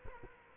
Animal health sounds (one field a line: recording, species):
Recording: mosquito wingbeat signal from an infrared sensor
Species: Culex quinquefasciatus